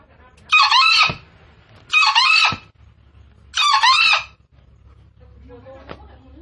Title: Panggilan Ayam Hutan. Suara Ayam Hutan Hijau Green Jungle Fowl